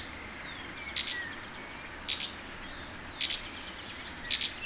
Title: Myiothlypis Nigrocristata